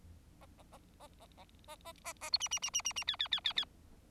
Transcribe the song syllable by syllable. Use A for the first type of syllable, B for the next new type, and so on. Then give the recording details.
A A A A A A A A A A B C C C C C C D D D D D. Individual Bird4